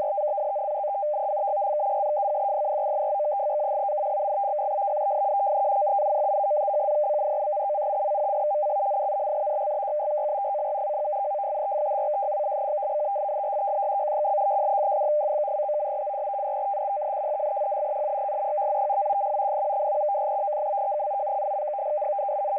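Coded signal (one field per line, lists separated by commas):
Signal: numbers station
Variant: F03i FSK data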